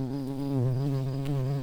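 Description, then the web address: Garden bumblebee queen buzzing, a steady low droning hum with rich harmonics and slight wavering in pitch, continuous throughout. "bumblebees Hortorum-queens"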